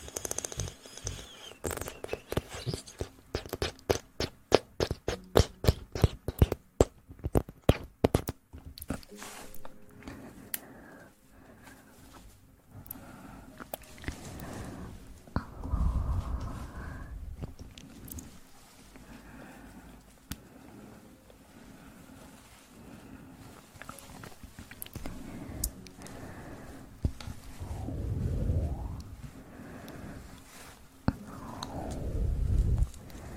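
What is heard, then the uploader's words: Eating sugar with an aloe vera gel ear massage: rapid crunchy clicks for eight seconds, then softer sticky, squishy rubbing and swelling low swishes. Eating sugar, aloe vera gel ear massage.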